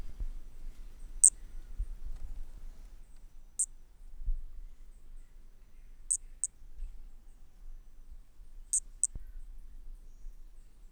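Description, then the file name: Brachycephalus toadlet calls: very high, short pure notes, single or in quick pairs, spaced a few seconds apart, over a low steady rumble. Unidentified Brachycephalus species, individual 6, example 1, recorded 10–50 cm away at Corcovado on 18 December 2017; four notes noted as lost. "MHNCI Brachy sp ind 6 ex 1 4 notas perdidas 10-50 cm Corcovado 18 dez 2017 MRB"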